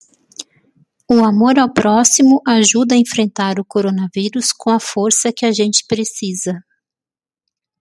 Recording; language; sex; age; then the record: spoken sentence; Brazilian Portuguese; female; 40 to 49 years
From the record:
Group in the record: control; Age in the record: 48 years